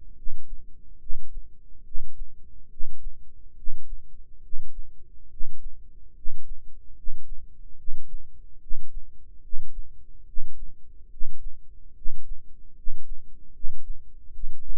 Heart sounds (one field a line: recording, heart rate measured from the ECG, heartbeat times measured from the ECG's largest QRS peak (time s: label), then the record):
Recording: heart sounds by microphone in the right ear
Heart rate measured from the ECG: 72 bpm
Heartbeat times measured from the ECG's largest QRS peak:
0.14 s: heartbeat
0.98 s: heartbeat
1.83 s: heartbeat
2.68 s: heartbeat
3.54 s: heartbeat
4.40 s: heartbeat
5.28 s: heartbeat
6.13 s: heartbeat
6.94 s: heartbeat
7.75 s: heartbeat
8.58 s: heartbeat
9.40 s: heartbeat
10.24 s: heartbeat
11.08 s: heartbeat
11.93 s: heartbeat
12.73 s: heartbeat
13.51 s: heartbeat
14.31 s: heartbeat
From the record:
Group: healthy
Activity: rest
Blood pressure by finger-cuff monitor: 91/54 mmHg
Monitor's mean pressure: 64 mmHg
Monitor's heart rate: 72 bpm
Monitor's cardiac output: 7.1 L/min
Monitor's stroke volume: 99 mL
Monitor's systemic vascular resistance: 640 dyn s/cm5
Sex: male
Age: 35 years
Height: 180 cm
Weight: 86.9 kg